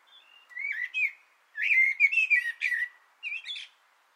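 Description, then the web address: Common blackbird singing a flowing run of rich, fluty warbled notes that slide up and down, broken by short gaps and topped with thin high twitters. On an antenna, 6 June 2025. "Naturinspelningar Koltrast på antennen 2025 06 06"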